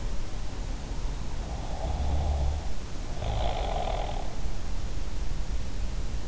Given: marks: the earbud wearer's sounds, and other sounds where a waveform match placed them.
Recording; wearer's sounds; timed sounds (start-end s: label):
sounds in sleep by an in-ear microphone; snoring breath
1.57-4.28 s: snoring breath